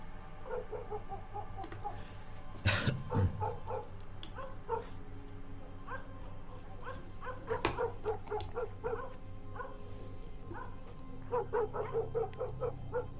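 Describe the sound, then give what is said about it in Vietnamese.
Dogs bark far off at night in irregular clusters of short, mid-pitched yips and barks, continuing throughout over a low, steady background hum, with one louder thump partway through. “Thi thoảng xa xa văng vẳng tiếng chó cắn ma nhấm nha nhấm nhặng, nghe đến sốt cả ruột.”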